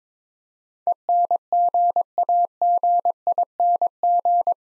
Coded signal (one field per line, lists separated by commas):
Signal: Morse code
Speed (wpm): 22 wpm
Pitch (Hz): 700 Hz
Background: none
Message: ENGAGING